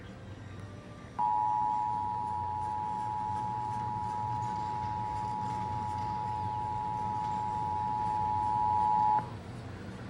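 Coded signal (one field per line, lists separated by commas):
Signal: Emergency Alert System (SAME) tones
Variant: 853 and 960 Hz attention tone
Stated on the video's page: Severe thunderstorm warning received on a Dallas/Fort Worth TV station.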